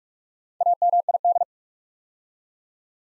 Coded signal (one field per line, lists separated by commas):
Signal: Morse code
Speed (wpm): 44 wpm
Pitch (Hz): 700 Hz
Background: none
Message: AMID